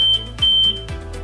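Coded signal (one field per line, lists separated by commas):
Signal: beep code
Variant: Zontes motorcycle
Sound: two high steady beeps, the first cut off, with soft clicks between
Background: low mechanical hum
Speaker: Je la laisse finir. Et là, vous avez 8 bips.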